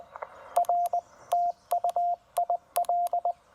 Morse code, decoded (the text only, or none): R TU IL